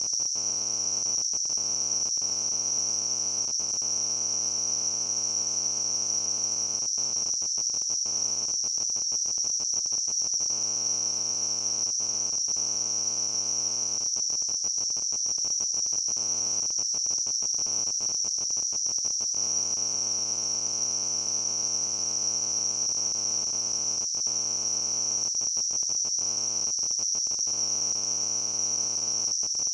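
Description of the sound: A steady, high-pitched hissing ring, a band of noise around 6 kHz, holds unchanged for about 30 seconds. This is a simulation of tinnitus: the constant ringing or hissing a person hears in the ears without an outside source.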